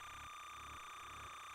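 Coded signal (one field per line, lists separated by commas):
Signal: timecode audio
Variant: SMPTE linear timecode (LTC)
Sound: a continuous harsh, raspy buzzing warble with a steady pitched edge, like fast data chatter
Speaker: So this is what SMPTE timecode sounds like, because we actually give you a SMPTE timecode generator plugin. So as we play, you would hear that timecode.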